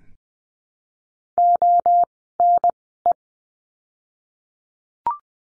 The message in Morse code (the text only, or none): O N E